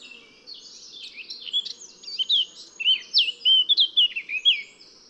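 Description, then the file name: Eurasian blackcap song: a quiet scratchy start building into loud, clear whistled notes that loop up and down in quick succession. "Sylvia atricapilla"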